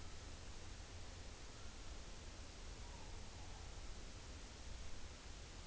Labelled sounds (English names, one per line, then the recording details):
Morepork more-pork call
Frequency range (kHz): Morepork 0.6-1.1 kHz
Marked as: faintness 4/5
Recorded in New Zealand on 11 September 2013
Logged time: 02:19
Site Ponui